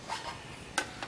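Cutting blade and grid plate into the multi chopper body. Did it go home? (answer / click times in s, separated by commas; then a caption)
yes / 0.8 s. The cutting blade and grid plate of a MIU France Multi Chopper are pressed down into the plastic chopper body after being turned into place. Soft rubbing and scraping sounds come first, then a sharp click at 0.8 s as the assembly locks in. A fainter tap follows at 1.0 s.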